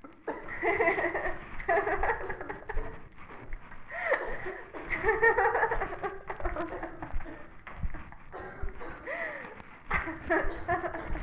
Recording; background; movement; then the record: laughter; a bystander coughing; walking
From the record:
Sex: female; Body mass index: 18.3 kg/m2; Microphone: on the chest, facing the body